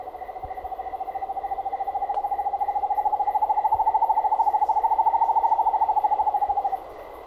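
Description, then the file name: Black-capped screech owl song: a long, fast, even trill of low hooting pulses that swells slightly in pitch and loudness for about seven seconds, then stops abruptly. "canto do corujinha sapo"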